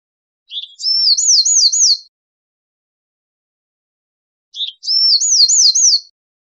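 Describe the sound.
Bewick's wren song: a short note, then a brief whistle leading into a fast wavering trill, given twice about four seconds apart, clean background.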